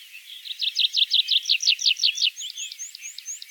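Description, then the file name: Tree pipit song: a hurried series of repeated chirping notes, then thin high notes trailing off, with faint background twitter. "konek lesnojj"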